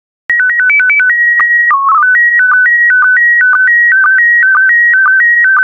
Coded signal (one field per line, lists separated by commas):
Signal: SSTV (slow-scan television)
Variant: PD 120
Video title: 155082 Canoeing and Kayaking SSTV PD120